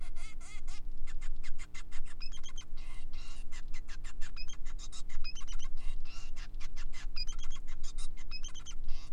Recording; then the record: song of a male Bengalese finch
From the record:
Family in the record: son of father 5